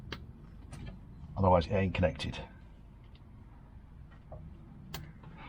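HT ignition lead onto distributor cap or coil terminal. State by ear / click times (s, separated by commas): seated / 0.1 s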